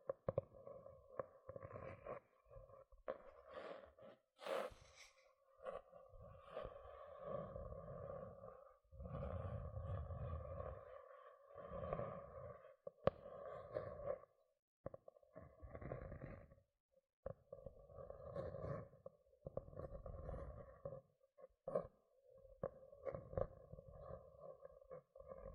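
Gentle scratching comes in short bursts, each a few seconds long, broken by brief pauses and sharp clicks or taps. A steady midrange tone hums through the scratches, and softer low rustling swells underneath them, with a bright crackle near the five-second mark.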